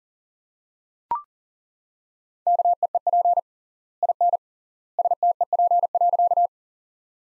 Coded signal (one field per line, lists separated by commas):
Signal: Morse code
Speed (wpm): 38 wpm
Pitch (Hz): 700 Hz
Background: none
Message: KEEP IN STEP.